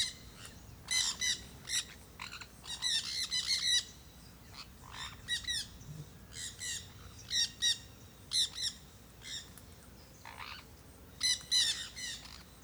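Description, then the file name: Jandaya parakeets giving harsh, grating squawks in ragged bursts from a flock, some overlapping, with a faint steady insect hum beneath. A flock eating guava at Terra Ronca, Brazil; AB stereo WAV recording. "Revoada de jandaias verdadeiras que estavam comendo goiaba em terra ronca, passaros, moscas, cigarras"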